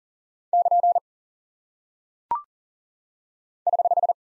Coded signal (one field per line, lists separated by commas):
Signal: Morse code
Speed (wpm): 39 wpm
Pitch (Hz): 700 Hz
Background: none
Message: <KN> <HH>